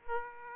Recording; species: mosquito wingbeat signal from an infrared sensor; Aedes aegypti